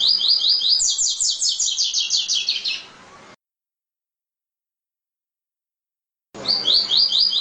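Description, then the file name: Double-collared seedeater song, a fast run of bright chirping notes that climbs higher and then drops, a few seconds of silence, then another run begins. "Canto do Coleiro"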